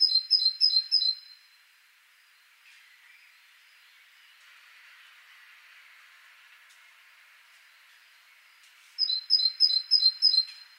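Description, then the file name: Great tit song: a bright, two-note phrase repeated quickly about four times, then a quiet pause, then the same ringing series again. "Parus major"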